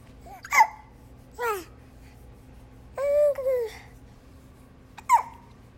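Four brief infant sounds in about six seconds, some sharp and jerky, others short voiced squeaks. These are the hiccups of a baby girl, the youngest of a family, who hiccups often. Hiccups occur frequently in infants and are generally harmless.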